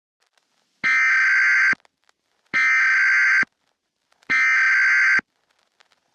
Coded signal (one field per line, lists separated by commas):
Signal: Emergency Alert System (SAME) tones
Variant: header bursts